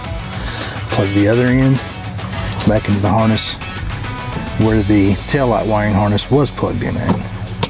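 On a 2020 Toyota RAV4 during a tow hitch and wiring harness install, the plastic T-harness plug is handled at the socket where the tail light wiring harness was plugged in, while someone talks over background music. Nothing has seated or clicked yet.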